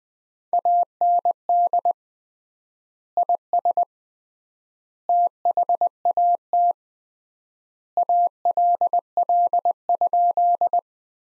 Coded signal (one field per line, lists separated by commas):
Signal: Morse code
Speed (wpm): 20 wpm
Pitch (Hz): 700 Hz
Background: none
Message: AND IS THAT ALL?